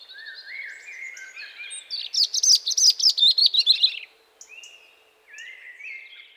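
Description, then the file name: European robin song: thin high whistled phrases sliding around, then a loud burst of rapid sharp notes, followed by softer warbling and wavering strands. "Erithacus rubecula"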